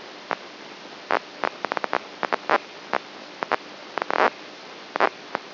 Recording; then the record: brain microelectrode recording played as sound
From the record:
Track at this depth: inside the subthalamic nucleus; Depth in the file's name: 2.44 mm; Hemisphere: right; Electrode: 2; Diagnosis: Parkinson's disease